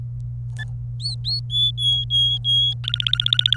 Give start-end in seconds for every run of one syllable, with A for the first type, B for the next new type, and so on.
1.00-1.40 A, 1.50-2.73 B, 2.84-3.56 C